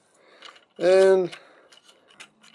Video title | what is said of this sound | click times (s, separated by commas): MP-27 Masterpiece IRONHIDE | there are two grooves right here on either side you can just take them and push them in they snap into place | 0.4 s